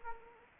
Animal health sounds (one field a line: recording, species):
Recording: mosquito wingbeat signal from an infrared sensor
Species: Anopheles arabiensis